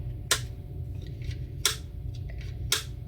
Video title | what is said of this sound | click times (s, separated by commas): Flipside 5 Wallet Detailed Review - The EDC Upgrade Your Pocket Needs | Clicks right in place. | 0.3 s, 1.7 s, 2.7 s